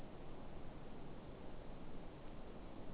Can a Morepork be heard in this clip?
no